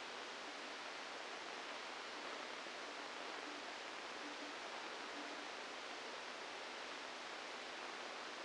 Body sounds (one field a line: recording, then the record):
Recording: brain microelectrode recording played as sound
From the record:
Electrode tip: inside the subthalamic nucleus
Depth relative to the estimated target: -2 mm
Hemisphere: left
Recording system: NeuroSet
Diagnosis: Parkinson's disease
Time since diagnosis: 27 years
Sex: male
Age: 62 years